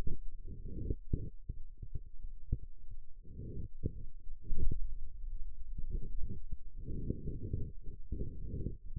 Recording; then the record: forearm muscle sounds (acoustic myography)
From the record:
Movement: pen grasping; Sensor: system 2, bracelet of six BSWA MPA416 microphones around the upper forearm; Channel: 6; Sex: male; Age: 22 years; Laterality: right